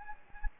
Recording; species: mosquito wingbeat signal from an infrared sensor; Anopheles gambiae